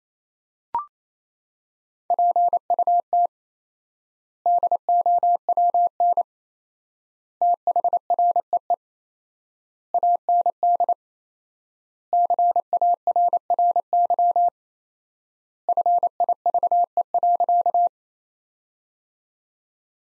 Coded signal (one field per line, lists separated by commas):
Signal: Morse code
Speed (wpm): 27 wpm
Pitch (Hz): 700 Hz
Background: none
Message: PUT DOWN THREE AND CARRY FIVE.